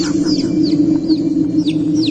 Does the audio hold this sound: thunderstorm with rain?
no